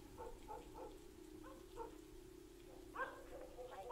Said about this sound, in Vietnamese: Con chó như không quan tâm đến lời chủ, cứ thế mà sủa.